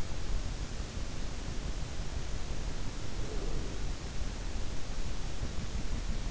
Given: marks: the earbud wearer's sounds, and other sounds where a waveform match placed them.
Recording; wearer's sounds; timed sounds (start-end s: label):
sounds in sleep by an in-ear microphone; breath
3.18-4.56 s: breath